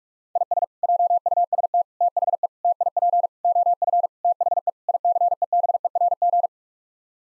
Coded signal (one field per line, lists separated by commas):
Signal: Morse code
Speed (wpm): 46 wpm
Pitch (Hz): 700 Hz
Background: none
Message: IS JUST THE TIP OF THE ICEBERG